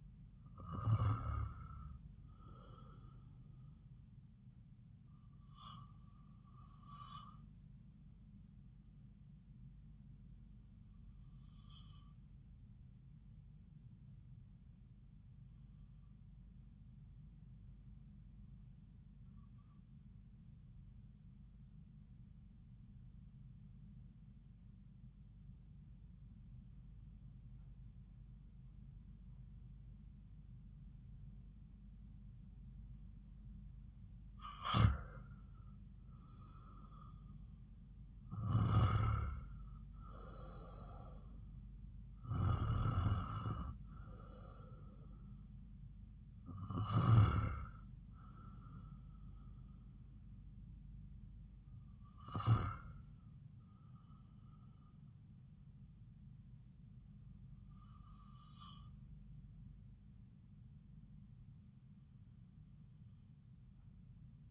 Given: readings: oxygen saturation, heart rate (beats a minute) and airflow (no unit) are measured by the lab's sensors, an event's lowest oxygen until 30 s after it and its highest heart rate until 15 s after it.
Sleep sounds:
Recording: breathing in sleep by a smartphone at the bedside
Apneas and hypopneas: 1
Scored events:
22.00-34.70 s: obstructive apnea (REM, oxygen 96% highest, then 90% lowest)
From the record:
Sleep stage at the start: REM sleep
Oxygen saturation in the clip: 88 to 96%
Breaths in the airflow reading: 11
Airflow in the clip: -6.1 to 4.3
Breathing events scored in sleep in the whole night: 270 in 6.1 hours asleep

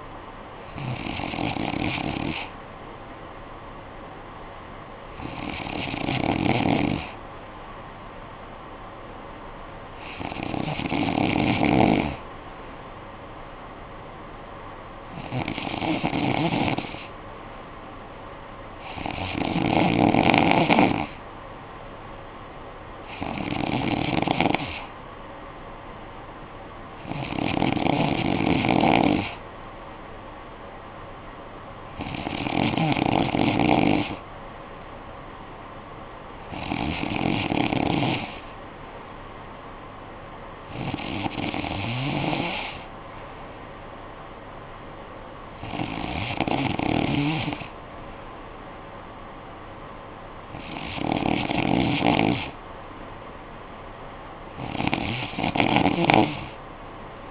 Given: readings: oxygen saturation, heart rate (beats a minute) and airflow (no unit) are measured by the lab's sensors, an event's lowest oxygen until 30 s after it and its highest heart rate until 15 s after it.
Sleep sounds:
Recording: breathing in sleep by a voice recorder at the bedside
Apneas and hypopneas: none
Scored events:
none scored
From the record:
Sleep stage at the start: N2 (light sleep)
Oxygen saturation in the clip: 92 to 95%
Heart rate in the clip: 55 to 62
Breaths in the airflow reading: 13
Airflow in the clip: -8.9 to 5.6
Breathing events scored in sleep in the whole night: 445 in 7.6 hours asleep

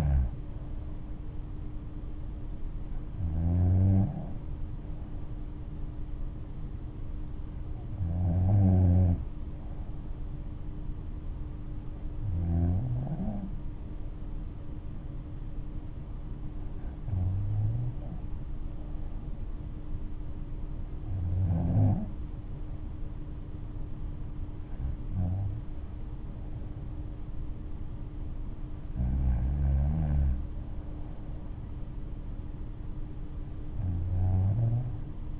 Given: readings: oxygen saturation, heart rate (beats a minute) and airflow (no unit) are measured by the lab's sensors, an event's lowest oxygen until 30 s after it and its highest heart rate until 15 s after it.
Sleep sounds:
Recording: breathing in sleep by a smartphone at the bedside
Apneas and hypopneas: none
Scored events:
none scored
From the record:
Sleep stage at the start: N3 (deep sleep)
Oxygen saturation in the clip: 95%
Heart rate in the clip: 59 to 68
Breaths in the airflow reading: 9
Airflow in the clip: -6.1 to 6.0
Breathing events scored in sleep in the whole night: 228 in 5.4 hours asleep

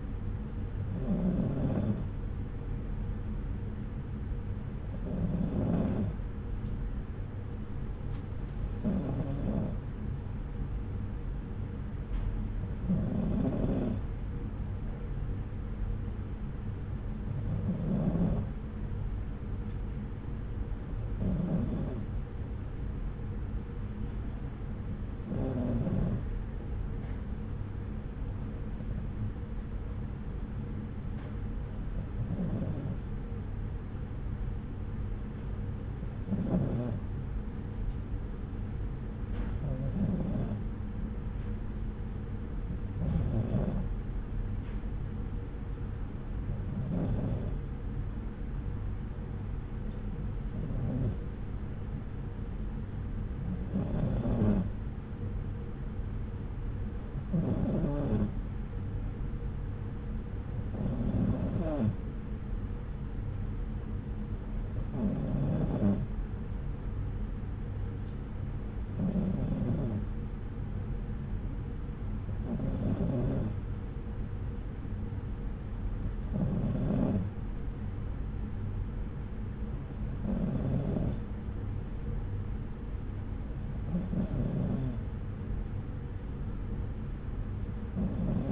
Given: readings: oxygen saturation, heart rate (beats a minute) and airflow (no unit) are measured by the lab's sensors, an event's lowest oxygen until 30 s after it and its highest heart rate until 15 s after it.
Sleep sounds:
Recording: breathing in sleep by a smartphone at the bedside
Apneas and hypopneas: none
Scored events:
none scored
From the record:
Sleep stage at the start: N2 (light sleep)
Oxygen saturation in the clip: 93 to 94%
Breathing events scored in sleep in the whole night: 303 in 8.1 hours asleep

